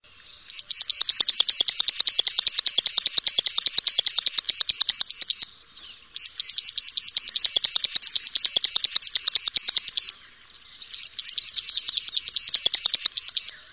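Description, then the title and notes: Bird song in three long bursts of very rapid, high, sharp repeated chattering notes with short pauses between. Bird song, Indonesia. "Kicau Burung Indonesia"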